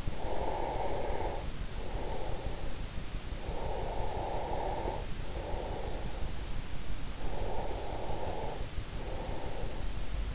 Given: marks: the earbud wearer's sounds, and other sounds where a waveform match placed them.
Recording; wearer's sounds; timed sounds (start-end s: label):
sounds in sleep by an in-ear microphone; breath
0.00-2.80 s: breath
3.37-6.45 s: breath
6.91-10.34 s: breath